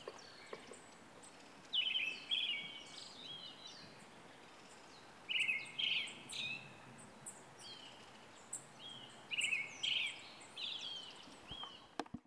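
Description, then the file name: Brown-headed thrush song: three separate phrases, each of a few rich whistled notes followed by thin higher notes, a few seconds apart, over quiet hiss. "akahara"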